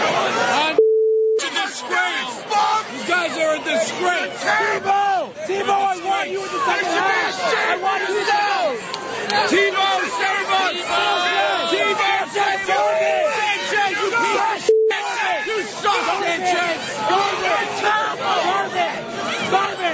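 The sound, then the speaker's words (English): A dense crowd of Jets football fans jeers and yells continuously, taunting the Jets as the team leaves the field after a loss, many overlapping raised voices, interrupted twice by a short, steady mid-pitched beep tone. “have you heard the sound of Jets fans taunting the Jets as they left the field after their most recent loss?”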